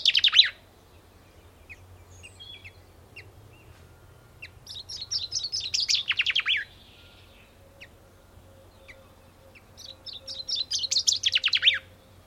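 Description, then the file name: Common chaffinch song: two bright rattling phrases that tumble downward, several seconds apart, with a fragment at the start and faint chirps from other birds between. "Fringilla coelebs"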